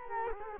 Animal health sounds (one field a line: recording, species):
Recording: mosquito wingbeat signal from an infrared sensor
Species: Culex quinquefasciatus